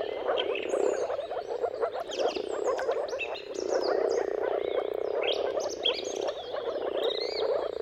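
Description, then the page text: Moor frogs in a dense mating chorus, soft bubbling low calls overlapping continuously, with several birds whistling and chirping above throughout. Mating chorus of moor frogs at sunrise at the turn of March and April, timing depending on the weather. "Jakub-Orzecki moor frogs. Dawn’s Chorus: Mating Calls of Marsh Frogs at Sunrise. Depending on the weather at the turn of March and April, you can witness an amazing spectacle of moor frogs"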